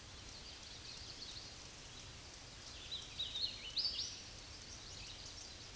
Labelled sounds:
Hooded Warbler song
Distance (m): 55 m
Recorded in a Pennsylvania forest on 18 May 2023 at 09:16
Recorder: AudioMoth, point grid1_11_low
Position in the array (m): 229 m, 148 m

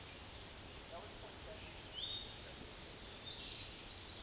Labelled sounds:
Hooded Warbler song
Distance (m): 35 m
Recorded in a Pennsylvania forest on 18 May 2023 at 09:34
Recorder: AudioMoth, point grid1_12_low
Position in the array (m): 188 m, 83 m

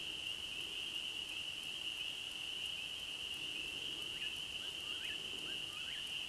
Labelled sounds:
Eastern Whip-poor-will song
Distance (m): 65 m
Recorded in a Pennsylvania forest on 31 May 2023 at 21:28
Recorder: AudioMoth, point grid3_10_high
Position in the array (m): -9 m, 91 m

